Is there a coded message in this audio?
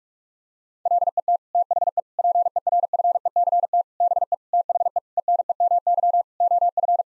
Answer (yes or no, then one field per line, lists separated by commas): yes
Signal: Morse code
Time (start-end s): 0.9-7.0 s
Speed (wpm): 46 wpm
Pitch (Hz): 700 Hz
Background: none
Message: LET THE PERFECT BE THE ENEMY OF